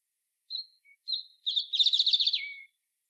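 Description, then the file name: European robin song opening with a few thin notes, then a tumbling run of quick tinkling trills ending in a lower drawn-out whistle; no other sounds. "Erithacus rubecula"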